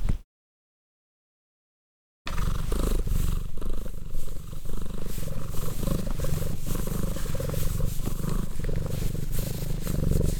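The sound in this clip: Cat purr, a brief snatch then about two seconds of silence, followed by a continuous low rumbling vibration pulsing steadily to the end.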